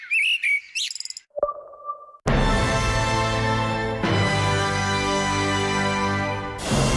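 Birds chirp and sing in quick, high trilling bursts for about a second, then a short steady tone sounds before loud, dense music takes over for the rest.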